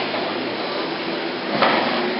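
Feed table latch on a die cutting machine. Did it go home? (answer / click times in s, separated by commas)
no / none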